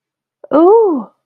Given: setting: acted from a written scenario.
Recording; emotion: vocal sound without words; elation